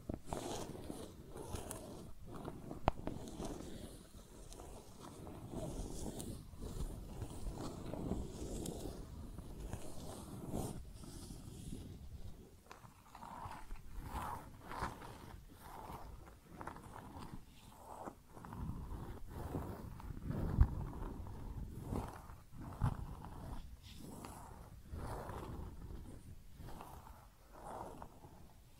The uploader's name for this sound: Makeup Tapping & Scratching Sounds